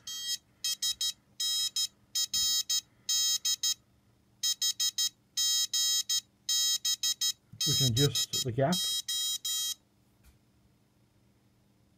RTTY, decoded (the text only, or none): none